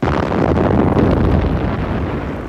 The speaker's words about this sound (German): Die roten Zungen der Geschütze an Bord des Walross leckten zu unserem Schiff. Das Gebrüll ihrer Rohre zerriss die Nacht. Das gesamte Gefüge der König Jakob bebte und schüttelte sich, als der Eisenhagel die Planken peitschte.